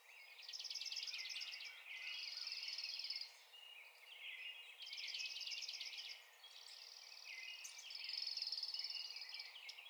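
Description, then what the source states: Dark-eyed junco trills, rapid high notes in bursts of one to three seconds repeated several times, with overlapping chirps and a steady hiss behind. Recorded on 16 April 2021.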